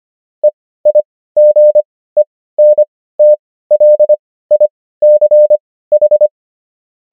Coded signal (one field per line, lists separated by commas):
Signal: Morse code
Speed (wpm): 25 wpm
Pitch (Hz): 600 Hz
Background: none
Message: EIGENTLICH